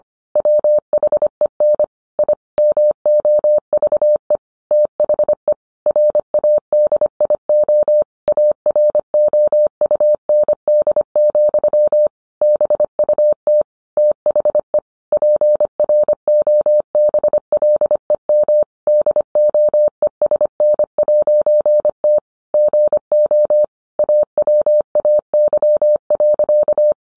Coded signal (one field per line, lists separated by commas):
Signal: Morse code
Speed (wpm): 25 wpm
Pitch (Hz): 600 Hz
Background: none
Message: WHEN I MOVE THE RADIO AROUND, BUT THE PROBLEM DOESN'T GO AWAY.